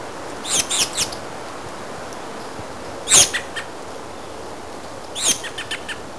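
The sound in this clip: Bird chirps in three short bursts of sharp, high notes spaced about two seconds apart, each burst a quick cluster of clicks and tweets over a steady hiss.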